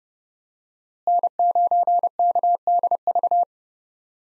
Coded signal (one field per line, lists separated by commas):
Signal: Morse code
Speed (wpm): 30 wpm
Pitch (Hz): 700 Hz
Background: none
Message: N9KDV